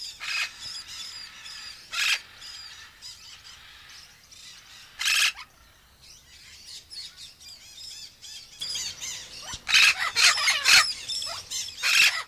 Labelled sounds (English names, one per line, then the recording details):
Vinaceous-breasted Amazon call
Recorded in captivity
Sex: pair
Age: adult
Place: Tiergarten Wilhelma/Stuttgart, Baden-Württemberg, DE
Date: 2000-09-22 18:47
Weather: bedeckt, 15°C
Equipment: Nagra SN, Kopie Uher 4000 Report Monitor
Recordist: Tembrock, Günter
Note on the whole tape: Paar: Lautfolgen, technische Probleme (Mikrofonkabel) bei Ansagen